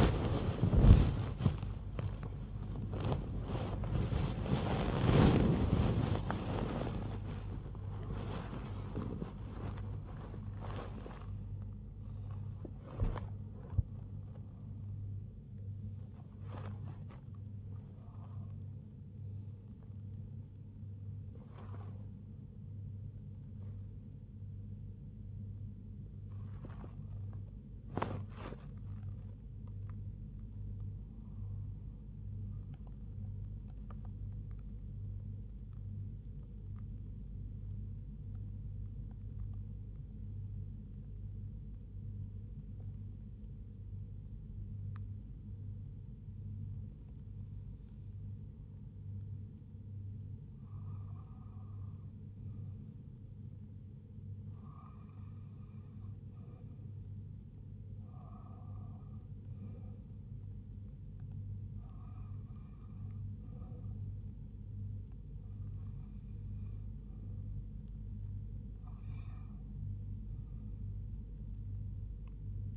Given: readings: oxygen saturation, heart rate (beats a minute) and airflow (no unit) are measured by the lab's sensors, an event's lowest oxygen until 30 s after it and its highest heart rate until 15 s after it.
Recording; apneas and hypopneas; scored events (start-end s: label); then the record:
breathing in sleep by a smartphone at the bedside; none
0.00-72.77 s: awake
32.00-72.77 s: new sleep stage, N1 (lightest sleep)
From the record:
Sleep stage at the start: awake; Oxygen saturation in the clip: 88 to 89%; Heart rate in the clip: 65 to 101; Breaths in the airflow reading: 17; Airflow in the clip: -5.6 to 7.2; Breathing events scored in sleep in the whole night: 158 in 7.3 hours asleep